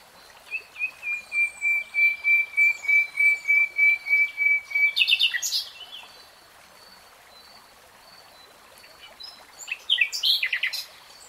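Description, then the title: Nightingale song: a long even series of whistled notes at steady pitch, about three per second, then a harsh burst. A second rough chattering phrase follows after a pause. "[Tiếng chim hót] Nightingale Singing"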